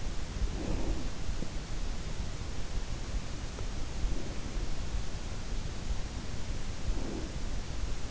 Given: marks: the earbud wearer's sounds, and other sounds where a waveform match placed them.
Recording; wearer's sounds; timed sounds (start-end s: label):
sounds in sleep by an in-ear microphone; breath
0.00-1.67 s: breath
3.42-5.16 s: breath
6.58-7.68 s: breath